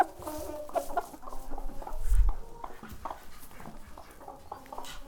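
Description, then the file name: Chickens clucking, soft low clucks in irregular runs with a few louder notes, and thumping movement in the background. Chickens walking around in a barn near the microphone, squawking and clucking. "freesound chickens and ducks"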